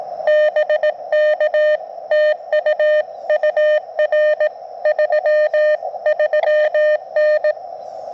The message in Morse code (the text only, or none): BK TU UR 33N